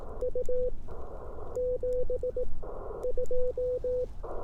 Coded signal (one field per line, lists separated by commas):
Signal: Morse code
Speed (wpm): 18 wpm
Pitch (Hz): 500 Hz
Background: none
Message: U 7 2